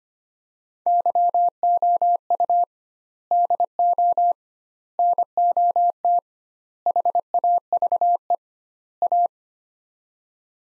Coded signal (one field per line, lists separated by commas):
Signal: Morse code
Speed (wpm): 25 wpm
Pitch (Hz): 700 Hz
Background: none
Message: YOU DO NOT HAVE A